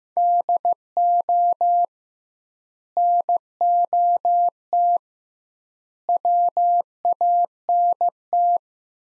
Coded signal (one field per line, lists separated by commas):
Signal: Morse code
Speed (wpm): 15 wpm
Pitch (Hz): 700 Hz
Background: none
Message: DO NOT WANT